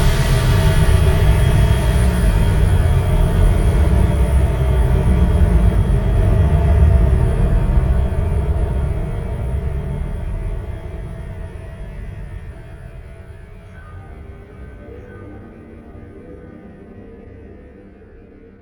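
A binaural ambient soundtrack: a deep, dense rumbling drone with faint steady high tones, holding strong before slowly fading over the final ten seconds.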